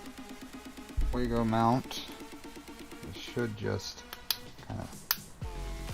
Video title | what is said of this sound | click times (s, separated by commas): LDO Switchwire Kit Build (All in one sitting....hopefully) | in and snap into place | 4.3 s, 5.1 s